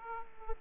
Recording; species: mosquito wingbeat signal from an infrared sensor; Aedes aegypti